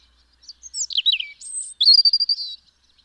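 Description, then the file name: European robin song, a short phrase of descending slurred whistles leading into a high, sustained, shimmering trill. "Erithacus rubecula"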